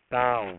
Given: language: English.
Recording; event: throat vibration sensor signal played as sound; speech